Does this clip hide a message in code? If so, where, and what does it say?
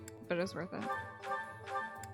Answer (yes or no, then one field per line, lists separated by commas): no